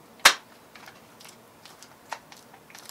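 A small single-board computer, lined up on the pin header of a handheld case that holds the battery, display and keyboard, is pushed down and gives a single loud, sharp snap at 0.3 s as it seats, with all the pins landing in place. Faint light clicks and taps follow, with a slightly louder tick near 2.1 s.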